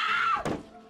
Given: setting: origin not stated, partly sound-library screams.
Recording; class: one-second piece from a danger detection set; woman in danger